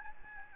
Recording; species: mosquito wingbeat signal from an infrared sensor; Aedes albopictus